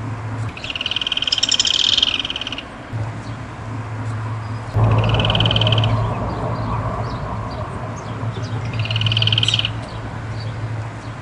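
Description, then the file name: Yellow-chinned spinetail singing three rapid churring rattles, the first the longest, with a low hum and a burst of broad noise midway. "canto do curutie"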